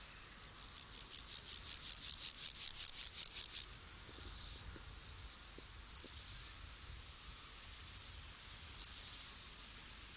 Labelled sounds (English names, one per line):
Water-meadow Grasshopper stridulation